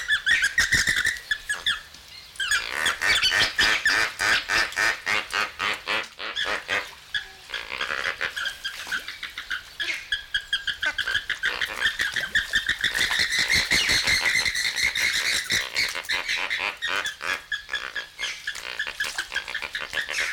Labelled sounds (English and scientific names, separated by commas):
James's Flamingo (Phoenicoparrus jamesi)